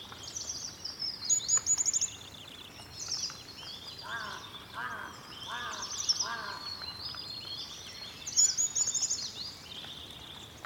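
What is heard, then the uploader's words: Many birds sing and chirp over one another in an old-growth pine forest on a morning after rain. High, bright trills and tweets come in quick bursts throughout, with a lower repeated call of four notes between about 4 and 7 seconds, over a steady soft hiss. The morning after rain at tare old-growth Pine forest on 3100m in Indian Himalayas, Sikkim region. The birds were very active and diverse. Recording by Jan Brelih.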